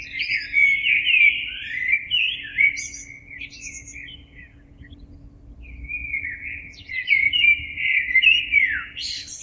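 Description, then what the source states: Blackbird singing two melodious, slurred phrases, each closing with a sharp high squeak, with a quieter spell between them. Recorded 26 April 2022.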